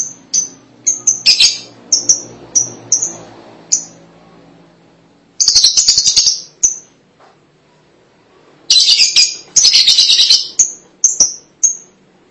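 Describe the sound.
Lovebird calls: a string of quick shrill chirps, a pause, then two loud bursts of harsh, rapid, high chattering with sharp notes around them.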